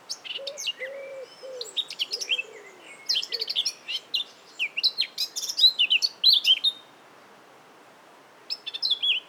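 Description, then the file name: Eurasian blackcap warbling with scratchy, busy notes and fluty whistles, with lower hooting notes early on; a brief twittering burst at the end. "Sylvia atricapilla"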